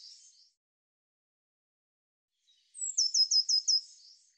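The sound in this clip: Bird song: a faint fading fragment opens, then after a pause a bright, high phrase of five or six rapid descending chips.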